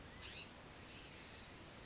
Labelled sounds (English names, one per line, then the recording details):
California Scrub-Jay
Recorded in Sonoma County, California